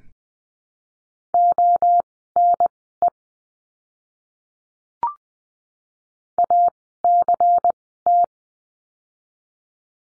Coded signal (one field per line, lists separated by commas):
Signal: Morse code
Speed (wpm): 20 wpm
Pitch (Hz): 700 Hz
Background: none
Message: ONE ACT